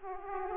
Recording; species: mosquito wingbeat signal from an infrared sensor; Aedes aegypti